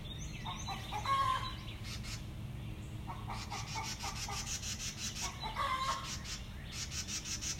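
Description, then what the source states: Chicken: hens clucking in several bursts over a low steady hum. Backyard hens in Greenville, recorded early on a summer morning in June 2020; the hens sound hungry.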